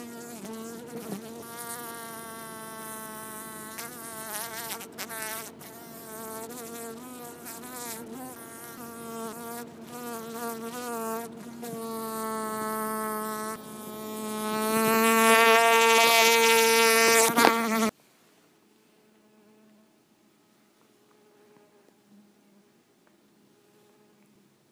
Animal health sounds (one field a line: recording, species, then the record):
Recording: mosquito flight sound by mobile phone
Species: Culiseta incidens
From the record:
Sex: female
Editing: snipped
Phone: iPhone 4S